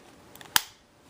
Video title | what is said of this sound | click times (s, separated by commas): Specialized BOA Replacement - How To - HD | you hear a snap in there that means it's working just like I want | 0.6 s